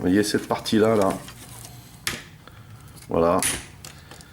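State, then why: Released. Someone talks while a plastic panel held by large clips is unclipped from the body of a large transforming robot toy figure, the MP-22 Ultra Magnus, during transformation. A single sharp click at 2.1 s marks the panel releasing, followed by a few faint small clicks.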